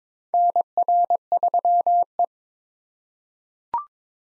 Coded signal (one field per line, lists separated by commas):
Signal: Morse code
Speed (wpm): 21 wpm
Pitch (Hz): 700 Hz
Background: none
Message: NR3E